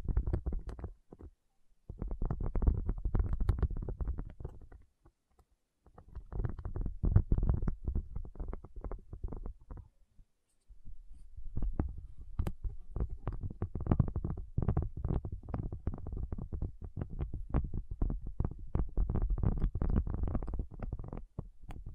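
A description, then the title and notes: A tapping session with no talking: dense, rapid taps with a dull, low thump and occasional sharper clicks. The tapping comes in long bursts, broken by short silences around two, five and ten seconds, then runs steadily to the end. Tapping Session (No Talking).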